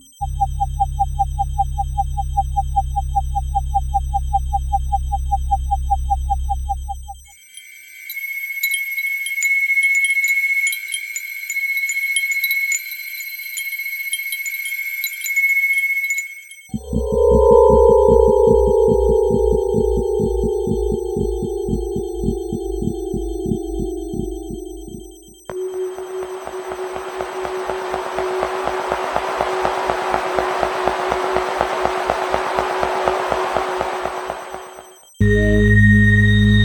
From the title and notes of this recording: The sound recordings are sourced and crafted from various external analog/digital synthesizers and live recordings. 50 dark soundscapes designed for adding ambient textures and FX overlays.